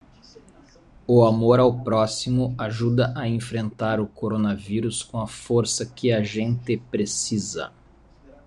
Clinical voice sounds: spoken sentence; Brazilian Portuguese; male; 30 to 39 years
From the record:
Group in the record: control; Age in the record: 39 years

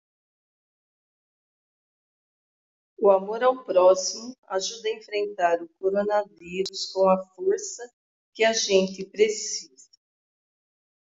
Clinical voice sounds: spoken sentence; Brazilian Portuguese; female; 60 to 69 years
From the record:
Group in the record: control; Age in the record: 60 years

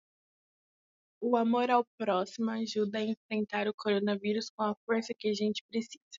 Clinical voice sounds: spoken sentence; Brazilian Portuguese; female; 18 to 19 years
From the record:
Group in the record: control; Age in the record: 18 years

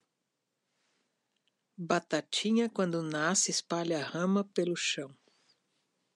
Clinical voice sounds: short text; Brazilian Portuguese; female; 60 to 69 years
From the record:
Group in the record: control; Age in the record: 61 years

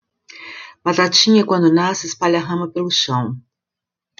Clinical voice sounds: short text; Brazilian Portuguese; female; 60 to 69 years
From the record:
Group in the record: control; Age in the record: 65 years

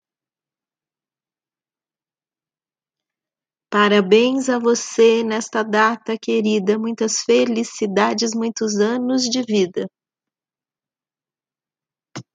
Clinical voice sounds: short text; Brazilian Portuguese; female; 50 to 59 years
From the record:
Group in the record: control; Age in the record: 55 years

